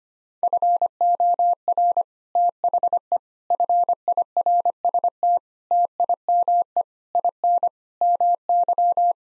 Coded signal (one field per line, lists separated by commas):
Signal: Morse code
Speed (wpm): 25 wpm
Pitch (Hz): 700 Hz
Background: none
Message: FOR THE FIRST TIME IN MY